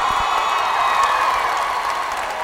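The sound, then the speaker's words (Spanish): An audience at a motivational talk in Puerto Rico applauds and cheers for mothers, a dense wash of clapping with whoops and shouts mixed in, holding a loud, even level throughout. “A las madres, aplauso para las madres.”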